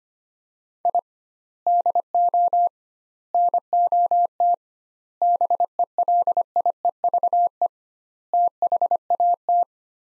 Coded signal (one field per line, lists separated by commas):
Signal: Morse code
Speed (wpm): 25 wpm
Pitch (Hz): 700 Hz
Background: none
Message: I DO NOT BELIEVE THAT